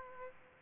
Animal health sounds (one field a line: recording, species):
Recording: mosquito wingbeat signal from an infrared sensor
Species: Aedes aegypti